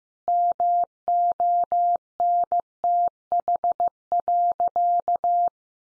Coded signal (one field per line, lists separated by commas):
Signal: Morse code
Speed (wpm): 15 wpm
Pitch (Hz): 700 Hz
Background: none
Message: MONTH.